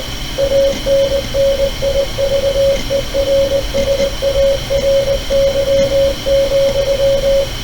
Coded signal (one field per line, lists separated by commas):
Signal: Morse code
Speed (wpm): 19 wpm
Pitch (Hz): 550 Hz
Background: radio noise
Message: ANNIVERSARY,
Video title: Youth Outreach for Morse Code Exposure -- recorded by Duane Wyatt